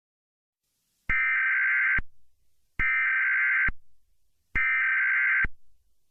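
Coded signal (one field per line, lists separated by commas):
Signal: Emergency Alert System (SAME) tones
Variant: header bursts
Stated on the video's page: Emergency alert heard on a phone, about coronavirus.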